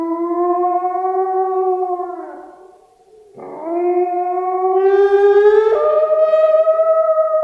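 Grey wolf howls: a long even note sagging downward and fading, then a fresh howl climbing steadily and stepping up to a higher pitch near the end.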